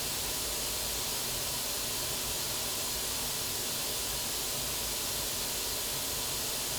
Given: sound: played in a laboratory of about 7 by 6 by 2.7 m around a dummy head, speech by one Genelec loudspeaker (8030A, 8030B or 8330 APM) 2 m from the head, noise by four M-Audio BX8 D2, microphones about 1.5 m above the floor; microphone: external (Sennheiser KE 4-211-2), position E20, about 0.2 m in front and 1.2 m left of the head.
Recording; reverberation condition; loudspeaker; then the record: white noise; low; four, about 170 cm from the corners of the room and facing them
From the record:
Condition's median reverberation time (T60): about 310 ms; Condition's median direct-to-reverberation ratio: about 3.5 dB